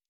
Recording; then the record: hydrophone in a shrimp aquaculture tank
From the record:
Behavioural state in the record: normal